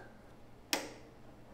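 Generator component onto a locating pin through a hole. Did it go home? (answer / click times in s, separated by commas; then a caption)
no / none. During reassembly of a neglected Ridgid generator that will not start, a component is pressed over a locating pin through a hole. A single sharp, bright tick-like hit sounds at 0.7 s, with another faint one starting at the very end. The part does not snap into place and nothing has seated or clicked yet, so the hole needs opening up a little more.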